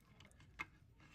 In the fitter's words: apply some pressure you should hear some snapping sounds